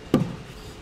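A wedged seven-way trailer wiring plug, lined up by its notch, is pushed by hand into its Demco fifth-wheel/gooseneck wiring harness socket in the bed of a 2017 Chevrolet Silverado 2500. A single sharp knock sounds at 0.1 s and then fades, as the plug locks into the socket.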